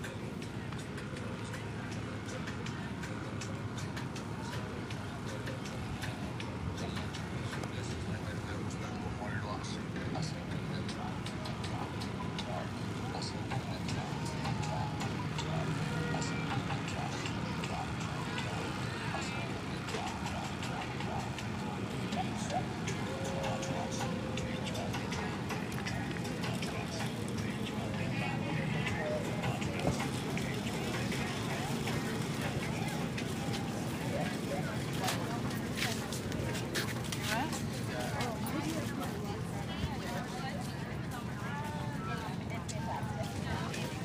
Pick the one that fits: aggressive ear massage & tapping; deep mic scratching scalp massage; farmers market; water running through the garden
farmers market